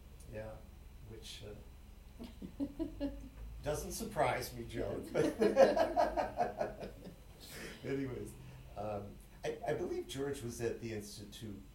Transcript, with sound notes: Yeah. Which doesn't surprise me, Joan. (laughter) Anyway, I believe George was at the institute.